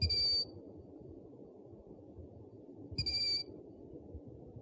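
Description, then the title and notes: Owl uttering two piercing high whistles, flat in pitch and roughly three seconds apart, with low rumbling noise throughout. Compilation of 69 call variants from 11 owl species. "Sovy - Eulen - Owls. 69 variant hlasů - 11 druhů sov"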